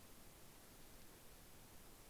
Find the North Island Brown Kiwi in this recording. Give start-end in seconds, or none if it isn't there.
none